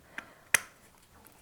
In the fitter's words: and you push down to click them on.